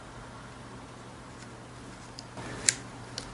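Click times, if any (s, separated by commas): 2.7 s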